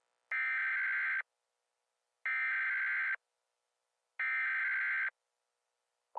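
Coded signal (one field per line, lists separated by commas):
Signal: Emergency Alert System (SAME) tones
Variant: header bursts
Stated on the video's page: Fictional EAS scenario about a prison break.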